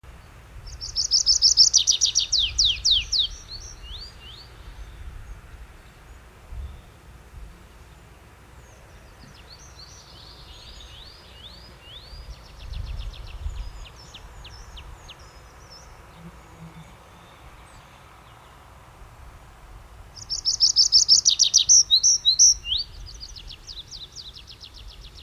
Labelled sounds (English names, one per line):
Tree Pipit song